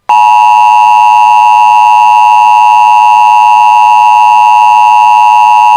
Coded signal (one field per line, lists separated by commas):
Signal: Emergency Alert System (SAME) tones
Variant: 853 and 960 Hz attention tone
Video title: #EAS 150PM FFW 8 MAYO 2024 #flashfloodwarning #puertorico #prwx @nwssanjuan